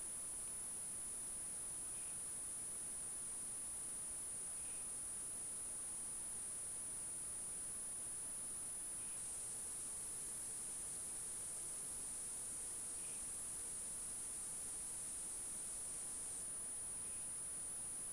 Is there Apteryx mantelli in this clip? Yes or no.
no